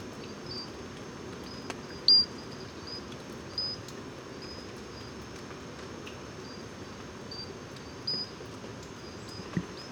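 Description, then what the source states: Pinchon's robber frog giving tiny high notes scattered through, one loud and many faint, over a steady hiss. Moscou, heights of Gourbeyre, Guadeloupe, edge of national park, 736 m altitude, 10 November 2018; constant rain; Basse-Terre forests only; sings also by day; crystal-like insect-like note.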